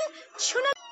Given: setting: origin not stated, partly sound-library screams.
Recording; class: one-second piece from a danger detection set; woman in danger